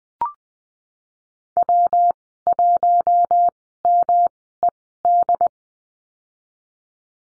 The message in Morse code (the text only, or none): W1MED